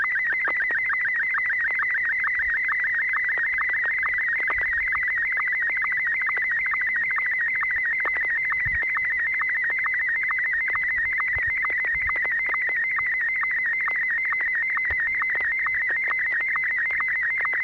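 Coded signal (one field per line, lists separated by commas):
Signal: SSTV (slow-scan television)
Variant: Martin M1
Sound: steady warbling, chirping tone with rapid regular clicks, like a buzzy modem scan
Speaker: in just one moment I'll be transmitting photograph and Martin one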